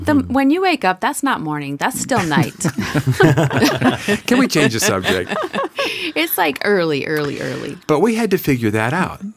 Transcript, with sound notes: When you wake up, that’s not morning. That’s still night. (laughter)
Can we change the subject? (laughter)
It’s like early, early, early.
But we had to figure that out.